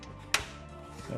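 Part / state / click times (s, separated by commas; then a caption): computer component into motherboard / seated / 0.3 s. A computer component is pushed firmly into place on an i5 motherboard during assembly, and it snaps home with a loud, sharp click at 0.3 seconds, confirming it is seated. Soft music plays underneath throughout.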